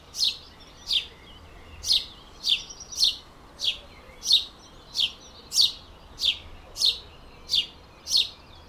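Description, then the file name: House sparrow chirping persistently, a long series of crisp chirps at a slightly uneven rhythm over low steady background noise. "Passer domesticus"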